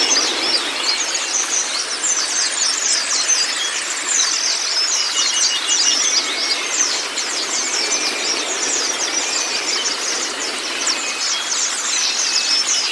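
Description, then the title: White-eye song: busy high chatter of quick slurred notes with thin drawn-out whistles, all over a constant hiss. Training recording (masteran) of white-eye (pleci kacamata si putih), meant to get a silent (bisu) pleci singing constantly (gacor). "mster Mnuk. Terapi Pleci Bisu Menjadi Gacor Abis. Masteran Pleci Kacamata Si Putih"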